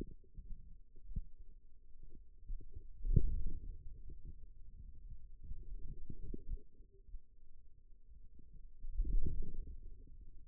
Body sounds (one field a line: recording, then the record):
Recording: forearm muscle sounds (acoustic myography)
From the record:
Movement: wrist extension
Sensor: system 2, bracelet of six BSWA MPA416 microphones around the upper forearm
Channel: 4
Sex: male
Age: 22 years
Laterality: right